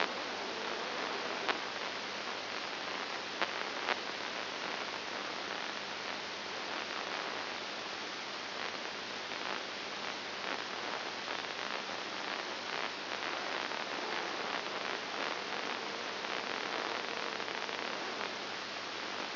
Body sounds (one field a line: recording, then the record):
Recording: brain microelectrode recording played as sound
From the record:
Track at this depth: inside the subthalamic nucleus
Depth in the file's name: 6.101 mm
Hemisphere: left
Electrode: 2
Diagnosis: Parkinson's disease